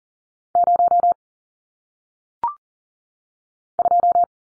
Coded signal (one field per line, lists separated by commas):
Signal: Morse code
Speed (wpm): 42 wpm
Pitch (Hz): 700 Hz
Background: none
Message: 0 2